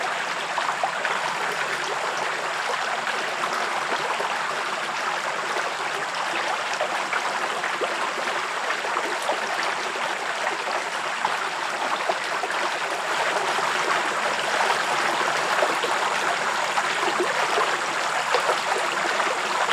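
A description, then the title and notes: A bubbling woodland stream runs without pause, a dense, even rush of splashing and trickling that holds a steady level for the whole stretch. The sound sits in the middle and upper range with almost no low rumble, and a faint thin whine hangs above it. West Michigan Woods and Stream.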